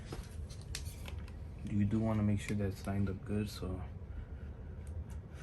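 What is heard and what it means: A forged carbon fiber door handle cover is lined up over the exterior door handle of an R53 Mini Cooper S, ready to be pressed on. Someone talks while light handling taps and small clicks are heard, with the loudest tap at 0.8 s. The cover has not snapped into place yet; nothing has seated or clicked.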